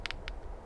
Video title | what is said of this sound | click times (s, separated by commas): Wabakimi Provincial Park - Whitewater Canoe and Fishing Gear plus Afterthoughts | and there's like a plastic belt basically it's clicky and you can hear it | 0.1 s, 0.3 s